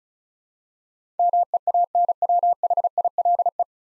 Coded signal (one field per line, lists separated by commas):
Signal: Morse code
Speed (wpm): 34 wpm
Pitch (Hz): 700 Hz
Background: none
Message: MEANWHILE